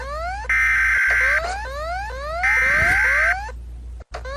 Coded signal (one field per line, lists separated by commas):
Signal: Emergency Alert System (SAME) tones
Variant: header bursts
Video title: EAS Alarms from the FIFA World Cup Brazil 2014